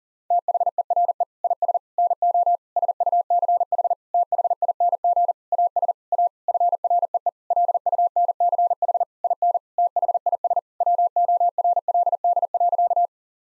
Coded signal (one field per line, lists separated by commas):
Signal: Morse code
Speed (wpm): 40 wpm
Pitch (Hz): 700 Hz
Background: none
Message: THERE IS NO SUCH THING AS A FREE LUNCH IN THIS WORLD.